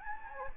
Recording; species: mosquito wingbeat signal from an infrared sensor; Anopheles gambiae